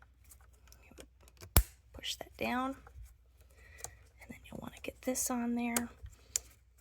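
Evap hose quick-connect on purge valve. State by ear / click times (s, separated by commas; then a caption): seated / 6.4 s. A quick-connect evap hose fitting on a 2011-2015 Chevy Cruze 1.8L is pushed onto the canister purge valve port while someone talks. It snaps on with one sharp click at 6.4 s, and the connector is seated.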